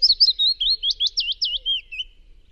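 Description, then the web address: Willow warbler singing a soft, sweet cascade of high whistled notes that descend gently and fade at the end, about two seconds long. "chant Pouillot fitis"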